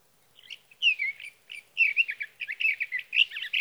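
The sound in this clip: Sage thrasher singing a long, continuous jumble of warbled phrases, quick varied notes tumbling without pause over three seconds, nothing else audible.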